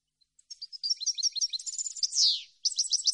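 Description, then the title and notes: European goldfinch song: a rapid chatter of high tinkling notes leading to a loud falling slur, then another twittering phrase begins. Clean goldfinch song recording on CD, made for song training of birds to copy. "Cd de canto de jilguero limpio para copia."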